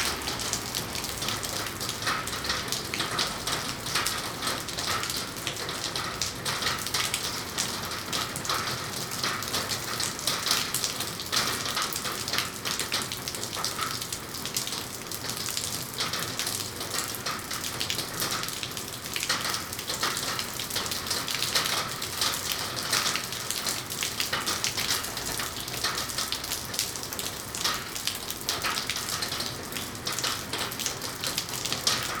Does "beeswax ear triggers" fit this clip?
no